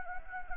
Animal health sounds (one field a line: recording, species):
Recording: mosquito wingbeat signal from an infrared sensor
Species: Anopheles gambiae